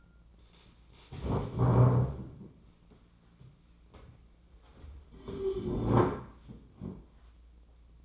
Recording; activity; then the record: daily activity, microphone in the room; stand up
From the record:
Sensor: 1